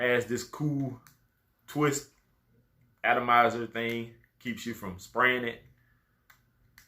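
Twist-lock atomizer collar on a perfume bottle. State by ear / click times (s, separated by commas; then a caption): seated / 6.3 s, 6.8 s. Someone talks, then twists the spray collar of a perfume bottle's twist-lock atomizer down to lock it so it cannot spray. Two sharp clicks are heard at 6.3 s and 6.8 s as the atomizer locks into place.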